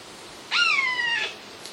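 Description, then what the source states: Eurasian jay call: one drawn, mewing note rich in harmonics, sliding gently downward over about three quarters of a second, over faint steady background hiss. Alarm calls, recorded 21 August 2011.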